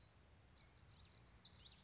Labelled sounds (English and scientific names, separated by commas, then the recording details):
Common Yellowthroat (Geothlypis trichas)
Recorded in Sonoma County, California